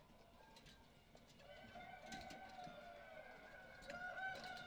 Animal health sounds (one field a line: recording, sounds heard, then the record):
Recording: poultry house recording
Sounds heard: healthy chickens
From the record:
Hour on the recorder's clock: 18